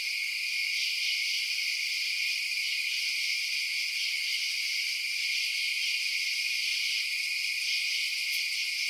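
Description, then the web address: Insects droning in an even high-pitched chorus, a continuous shimmering buzz with a single short high chirp near the end. Night insect ambience outdoors at night. "Sound Effects-Blast Wave Update 3 Night Insects"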